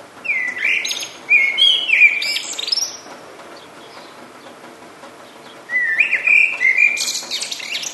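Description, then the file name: Songbird delivering two quick phrases of high whistled and twittering notes that slide and warble, ending in a sharp buzzy flourish, with a quiet pause between them. "zvuki peniia ptits"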